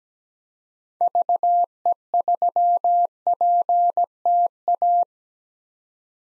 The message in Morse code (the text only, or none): VE3PTA